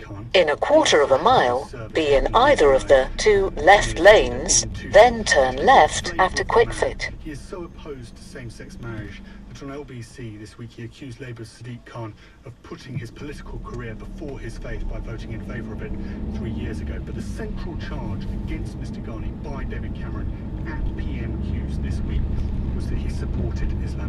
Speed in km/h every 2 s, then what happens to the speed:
8, 15, 19, 5, 0, 0, 0, 11, 23, 31, 35, 37.
0-4 speeds up to 19. 4-8 brakes to 0. 8-12 standing. 12-20 pulls away to 35.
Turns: none.